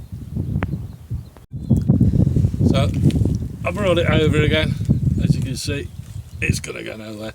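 A frame pole or joint is fitted into the frame of a camping hammock chair during assembly, and it clicks into place with a sharp, loud hit at 0.6 s. Someone talks throughout the clip, with quieter handling taps around it.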